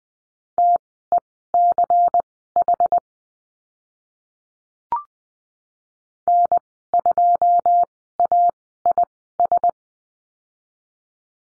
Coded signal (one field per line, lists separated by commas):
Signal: Morse code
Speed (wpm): 20 wpm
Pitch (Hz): 700 Hz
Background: none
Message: TECH N2AIS